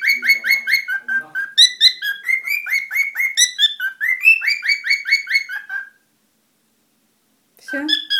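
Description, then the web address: Cockatiel calling in quick, rasping chirps that run for about six seconds, then stop, with a short burst returning at the end. "korella"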